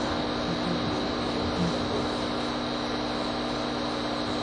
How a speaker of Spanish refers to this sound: ¿Eso es un ventilador? ¿Eh? ¿Eso es un ventilador? Sí, esto es un ventilador, nada, y aquí pues, bueno, ya se ve, ¿no?